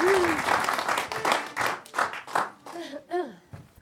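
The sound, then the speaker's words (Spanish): An audience applauds in a dense burst of clapping that swells and then thins out, with a few voices calling out over it toward the end. “Bien, la gente aplaude.”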